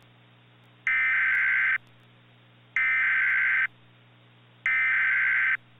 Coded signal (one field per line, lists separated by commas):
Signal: Emergency Alert System (SAME) tones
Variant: header bursts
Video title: [EAS Scenario / Analog Horror] - Macabre